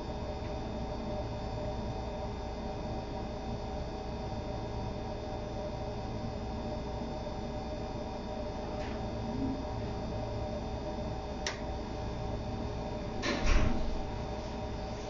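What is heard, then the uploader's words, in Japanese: Kitchen noises over a steady low hum that fills the whole fifteen seconds. A faint knock comes near nine seconds and a short click around eleven and a half. At about thirteen seconds comes the loudest moment, a brief clatter, after which the hum continues. キッチンでの物音。粕漬けを作るための粕床を作っています。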